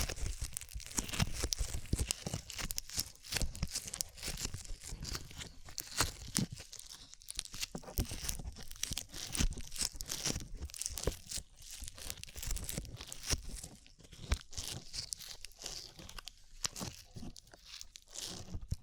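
Slime being squished and pulled produces a dense run of wet crackles, pops and sticky tearing sounds that never stops. The bursts come quickly and irregularly, bright and crisp on top with a soft low thump under some, loudness wavering but steady overall.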